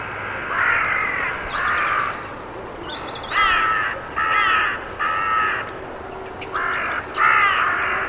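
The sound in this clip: Bird with hoarse, drawn-out grating calls repeated several times, with brief gaps between some of them.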